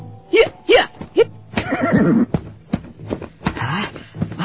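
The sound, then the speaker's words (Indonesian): A horse whinnies in a series of rising, quavering neighs, with a few sharp bursts at first and then a longer shaky call, loud and clear with no talking. “Suara kuda aku.”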